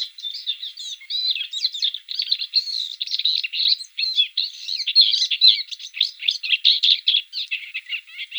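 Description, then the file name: Blyth's reed warbler singing a rapid, unbroken medley of scratchy notes and clear whistles, steady and lively for the whole stretch. "Kamyshovka indijskaja"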